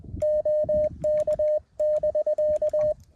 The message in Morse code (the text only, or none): OK<BK>